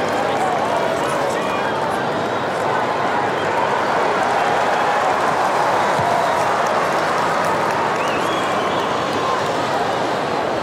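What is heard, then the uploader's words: A rugby league crowd murmurs and chatters in a dense, steady wash of many voices for the whole stretch, with no clear lulls. Occasional faint shouts and short calls rise briefly above the mass, and the overall loudness stays level throughout. Sounds of Rugby League.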